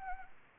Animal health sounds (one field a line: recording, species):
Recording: mosquito wingbeat signal from an infrared sensor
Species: Anopheles gambiae